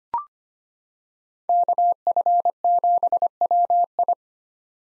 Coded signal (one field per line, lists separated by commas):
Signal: Morse code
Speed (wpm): 25 wpm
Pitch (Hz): 700 Hz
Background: none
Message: KF7WI